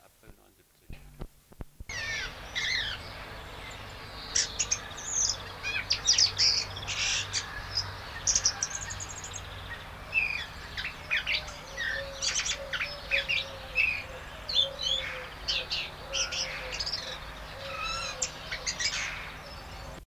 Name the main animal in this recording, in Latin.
Geokichla citrina